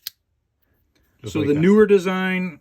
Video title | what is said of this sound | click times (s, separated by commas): Tyrant Designs P365 Rear Slide Cap installation video | and then we're going to push this up until we hear it click and lock into place | 0.1 s